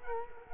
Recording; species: mosquito wingbeat signal from an infrared sensor; Culex quinquefasciatus